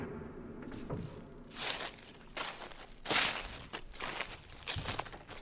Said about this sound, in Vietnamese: Đi đến mấy đoạn nương ngô đang độ chỗ bông xanh cao tùm, An Hùng bất chợt nghe có tiếng sột xà sột soạt, là tiếng bước chân lúc nhanh lúc chậm.